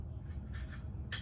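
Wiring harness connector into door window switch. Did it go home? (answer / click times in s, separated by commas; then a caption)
yes / 1.1 s. A plastic wiring harness connector is plugged into the front passenger door window switch of a 2011 Chrysler 300, with the door panel off, to test the window during a window replacement. A soft rustle of handling near 0.6 s gives way to a sharp click at 1.1 s as the connector snaps in place over a low steady hum. The connector is seated.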